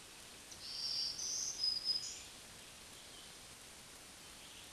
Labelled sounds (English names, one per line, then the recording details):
Black-throated Green Warbler song
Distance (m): 20 m
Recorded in a Pennsylvania forest on 1 June 2023 at 07:43
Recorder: AudioMoth, point grid3_22_high
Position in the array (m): 239 m, 196 m